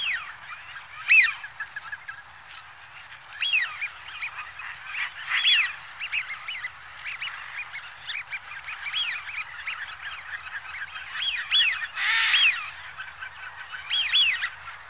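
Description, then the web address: Eurasian wigeon flock whistling: many whistles rising and falling in frequent overlapping bursts, with a brief rushing noise near the end. Large flock. "BBC Sound Effects Library. Wigeon (Anas Penelope)"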